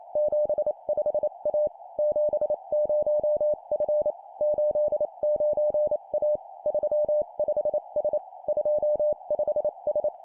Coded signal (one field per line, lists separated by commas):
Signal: Morse code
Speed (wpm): 28 wpm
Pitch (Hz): 600 Hz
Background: none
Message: 75A 70F 89A 35S 25S